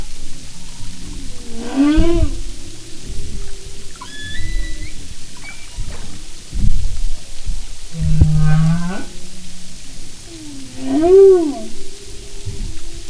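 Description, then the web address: Humpback whale song units: low moans, upswept harmonic cries and brief high whistles, rising and falling in a varied sequence over steady underwater rumble. "Marine Mammals humpback"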